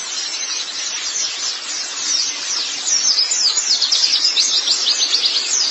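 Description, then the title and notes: White-eye song, a high shimmering twitter that becomes a sharper, rhythmic run of quick notes in the latter half. "Kicauan Burung Pleci Durasi Panjang. Suara kicauan burung pleci"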